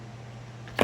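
A reused retaining C clip is pushed back onto a pulley bearing assembly over a steady low hum. A short, sharp snap comes at 0.8 s as the clip seats back on.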